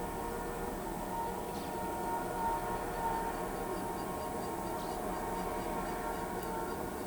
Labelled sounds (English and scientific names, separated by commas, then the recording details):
none
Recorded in pastures near Pivijay, Magdalena, Colombia, on 16 April 2023 at 18:00
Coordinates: 10.456, -74.369
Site P6-G026